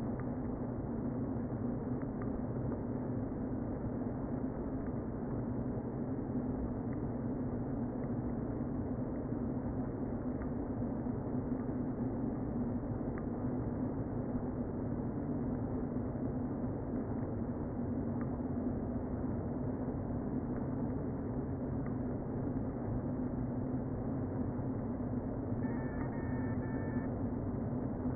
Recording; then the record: honeybee colony, microphone inside the hive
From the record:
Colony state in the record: queen present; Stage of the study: before two queens were removed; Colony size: about 60,000 bees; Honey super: yes